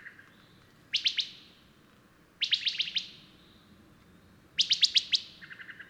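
Bird song with three loud bursts of rapid high chirping notes, roughly every two seconds, plus a softer lower twitter at the end.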